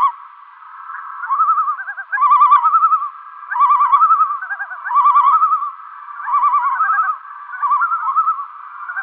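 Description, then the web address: Great northern diver tremolo, several wavering, quavering phrases repeated about every one to two seconds, with no other clear sounds. "Schulze Peter Great Northern Diver"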